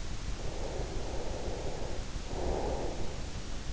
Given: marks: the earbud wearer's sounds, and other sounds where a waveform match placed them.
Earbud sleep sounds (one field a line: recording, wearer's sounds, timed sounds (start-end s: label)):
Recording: sounds in sleep by an in-ear microphone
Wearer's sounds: snoring breath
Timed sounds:
0.57-3.20 s: snoring breath